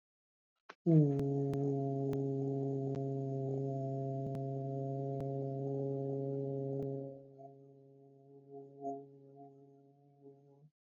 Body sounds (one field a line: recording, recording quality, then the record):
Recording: sustained vowel as in boot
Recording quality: excellent, no background noise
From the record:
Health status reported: COVID-19 positive, no symptoms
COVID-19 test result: positive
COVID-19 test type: RT-PCR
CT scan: not taken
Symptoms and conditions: sore throat, fatigue, loss of smell and taste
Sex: male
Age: 27 years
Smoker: no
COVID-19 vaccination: both doses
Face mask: not worn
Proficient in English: yes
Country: India